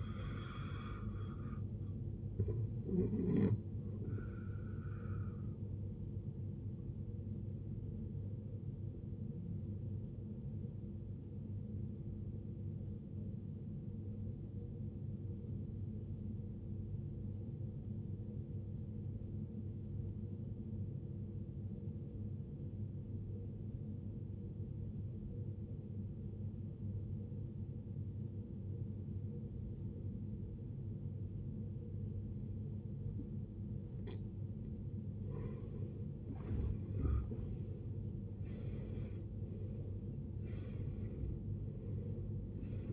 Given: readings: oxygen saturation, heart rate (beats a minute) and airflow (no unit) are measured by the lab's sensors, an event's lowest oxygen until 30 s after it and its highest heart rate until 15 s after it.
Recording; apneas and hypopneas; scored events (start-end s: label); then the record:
breathing in sleep by a smartphone at the bedside; 1
4.00-42.93 s: new sleep stage, N1 (lightest sleep)
11.00-35.20 s: obstructive apnea (N1, oxygen 94% highest, then 77% lowest, heart rate 73 at the start, 75 highest)
From the record:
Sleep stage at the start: N2 (light sleep); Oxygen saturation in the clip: 78 to 94%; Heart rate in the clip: 52 to 75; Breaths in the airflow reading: 4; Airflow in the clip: -18.2 to 17.9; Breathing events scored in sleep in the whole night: 389 in 6.3 hours asleep